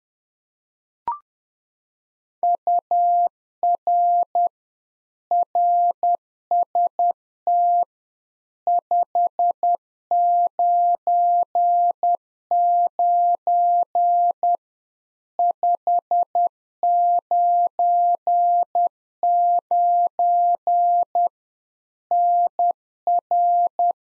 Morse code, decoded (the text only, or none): UR RST 599 599 NR